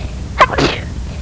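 A single sneeze from a child: a brief sharp intake-like burst followed by a breathy, hissing expulsion lasting about a quarter second. One ordinary sneeze, with quiet room noise around it.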